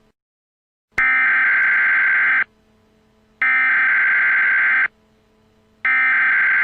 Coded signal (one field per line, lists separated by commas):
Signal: Emergency Alert System (SAME) tones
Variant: header bursts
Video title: EAS Mini Scenario: The Nuclear Gas Leak!